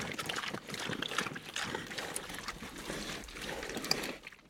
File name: pigs tamworth x 6 eat close up